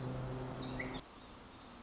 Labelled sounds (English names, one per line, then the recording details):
Pacific Wren
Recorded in Sonoma County, California